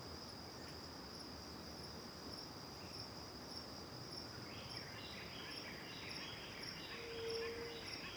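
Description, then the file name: Cricket trilling, a steady high tone; in the second half bird chirping joins, and a short low note sounds near the end. One cricket near and other crickets far, recorded with back to the river at Terra Ronca; various birds; AB stereo recording. "Grilo perto e outros grilos longe de costas para o rio em terra ronca, varios passaros, vaca longe, gravacao em ab"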